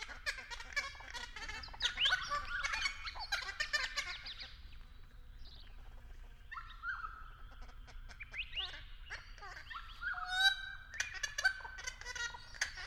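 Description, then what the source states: Friarbird calling in raucous, cackling bursts broken by pauses, then a series of nasal, upward-sweeping notes and harsh chatter toward the end. Calling from an Angophora tree.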